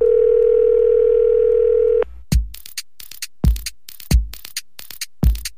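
A steady, unbroken telephone dial tone hums for about two seconds, then cuts off abruptly and gives way to a series of sharp, irregular clicks and clunks, like a number being dialed.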